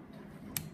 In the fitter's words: twist it until it clicks